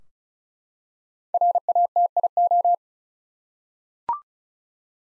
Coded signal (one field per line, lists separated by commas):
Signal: Morse code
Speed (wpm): 34 wpm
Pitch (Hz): 700 Hz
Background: none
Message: RATIO